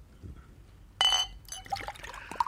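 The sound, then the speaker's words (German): A bright glassy clink rings out, followed by the gurgling splash of liquid poured into a glass, with a few small chinks near the end. No one speaks. “Gib mir auch ein Glas.”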